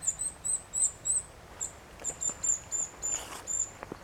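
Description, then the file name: Eurasian nuthatch giving thin, very high call notes in quick series, with a brief pause midway and a few faint clicks near the end. "Sitta europaea"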